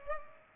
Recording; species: mosquito wingbeat signal from an infrared sensor; Culex pipiens